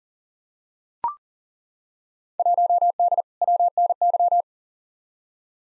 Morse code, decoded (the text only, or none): 1D WNY